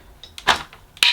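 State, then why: Seated. The main plastic floor nozzle of a Shark CV100UKT bagless cylinder vacuum cleaner is pushed onto the vacuum's hose/handle so it can be used to clean carpeted stairs. A few light plastic knocks and a louder scrape around 0.5 s lead up to a sharp, bright click at 1.0 s as the nozzle clicks into place and is seated.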